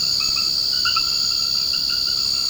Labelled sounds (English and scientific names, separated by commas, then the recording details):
none
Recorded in secondary vegetation near Puerto Asís, Putumayo, Colombia, on 21 March 2025 at 21:00
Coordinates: 0.488, -76.319
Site G095